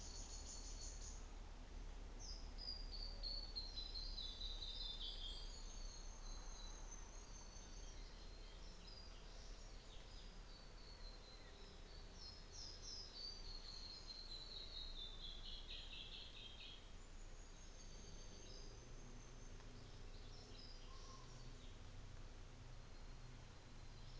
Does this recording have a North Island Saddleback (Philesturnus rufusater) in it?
no